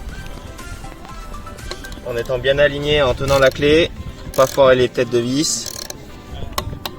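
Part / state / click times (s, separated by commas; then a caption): torque wrench on foil mounting screw / torque reached / 6.6 s. A torque wrench set to about 6 N·m tightens a screw fixing a foil mast to the board or fuselage while someone talks. The wrench gives a small, sharp mechanical click at 6.6 s as it reaches its setting, among a few other brief ticks near the end.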